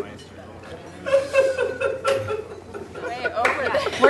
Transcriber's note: soundbite of laughter